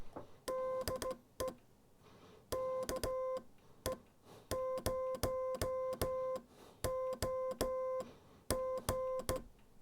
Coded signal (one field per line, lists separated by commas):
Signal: Morse code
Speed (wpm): 16 wpm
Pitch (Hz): 520 Hz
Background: music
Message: DE KE0OG